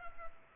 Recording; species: mosquito wingbeat signal from an infrared sensor; Culex pipiens